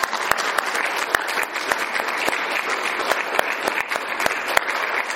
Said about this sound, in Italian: Un applauso